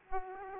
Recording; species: mosquito wingbeat signal from an infrared sensor; Aedes aegypti